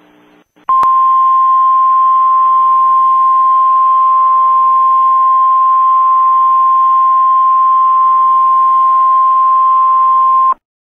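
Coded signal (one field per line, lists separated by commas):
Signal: Emergency Alert System (SAME) tones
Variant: 1050 Hz attention tone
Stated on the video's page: Mock EAS Severe Thunderstorm Warning.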